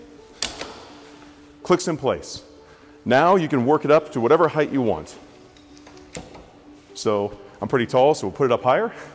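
On an Airstream Bambi travel trailer, the awning support arm on the second side is hooked in and pushed with both hands until it clicks and locks into its mounting bracket, giving a sharp metal snap at 0.4 s. Someone talks afterward while a few fainter knocks follow around 5.6 to 6.2 s.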